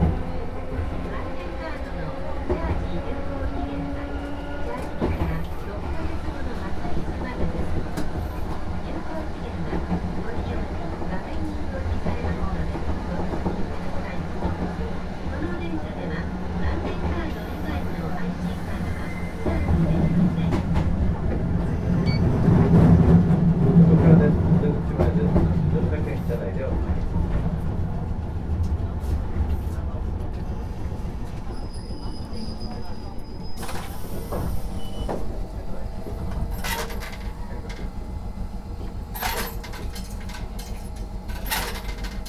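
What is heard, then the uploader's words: A Japanese field recording of a steady low rumble like a train ride, voices murmuring throughout, swelling louder around twenty-three seconds, with sharp clicks later. Field recordings I made in Japan.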